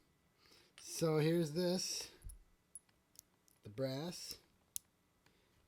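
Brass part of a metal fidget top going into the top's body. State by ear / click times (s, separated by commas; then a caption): seated / 4.8 s. Someone talks while pressing the brass part of a metal fidget spinning top (DZ Top D) into the top's body. A single sharp click at 4.8 s marks the brass part seating in place, and it was both heard and felt clicking in.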